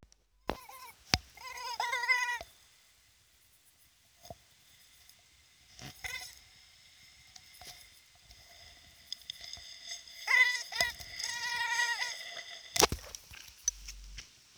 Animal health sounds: mosquito flight sound by mobile phone; Aedes sierrensis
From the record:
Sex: female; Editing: field recording with all noises

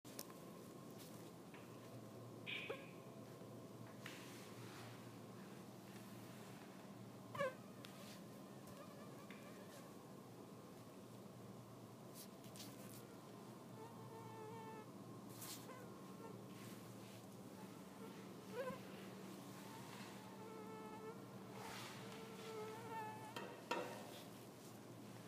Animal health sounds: mosquito flight sound by mobile phone; Anopheles dirus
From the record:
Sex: female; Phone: iPhone 6

